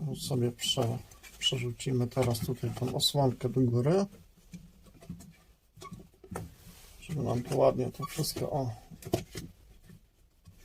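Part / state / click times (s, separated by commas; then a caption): protective boot on a car suspension strut / seated / 9.1 s. On an Opel MacPherson strut being reassembled, the rubber/plastic protective boot is flipped up over the spring assembly and pushed on until it catches. Someone talks, then a few short knocks and handling sounds follow, with a sharp short click at 9.1 s as the boot clips into place. The boot is confirmed seated.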